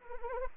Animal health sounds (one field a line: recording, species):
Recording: mosquito wingbeat signal from an infrared sensor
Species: Anopheles arabiensis